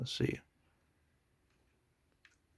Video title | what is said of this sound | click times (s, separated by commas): Wireless Meat Digital Thermometer With Bluetooth Review - Magodey Brand | yeah so and once you hear that click | 2.2 s